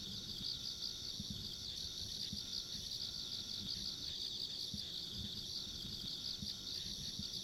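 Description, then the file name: Insects trilling in a steady, dense high-pitched chorus with a shimmering pulse, over low rumbling background noise. Ambient insect sounds recorded along a country road. "田舎道の虫の環境音"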